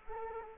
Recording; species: mosquito wingbeat signal from an infrared sensor; Culex quinquefasciatus